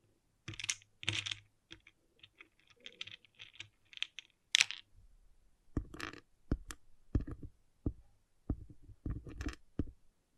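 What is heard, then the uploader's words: Plastic pixel art beads click and rattle in irregular bursts, sharp bright taps sometimes clustered, sometimes spaced half a second apart. ASMR Relaxing Pixel Art Beads ( No Talking).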